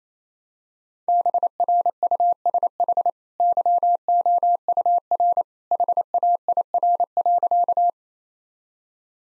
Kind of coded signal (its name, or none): Morse code